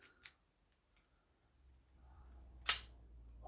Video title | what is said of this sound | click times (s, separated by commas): Ebay padlocks ..... 15th January 2022 | Ooh, nice wee snap that. | 2.7 s